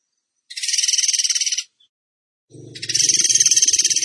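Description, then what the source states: Bird song of two fast pulsed trills, each one to two seconds long, the second accompanied by a low rumbling sound. Masteran (training) song in the 'tembakan gacor' style.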